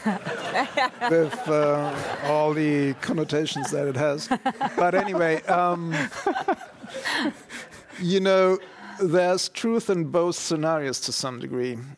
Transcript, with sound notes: with all the connotations that it has.
[Laughter]
But anyway, you know, there’s truth in both scenarios to some degree.